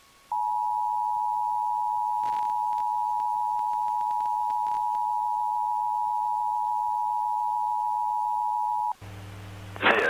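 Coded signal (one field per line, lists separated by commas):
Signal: Emergency Alert System (SAME) tones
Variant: 853 and 960 Hz attention tone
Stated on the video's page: Required Monthly Test relayed over FM stations in Ventura.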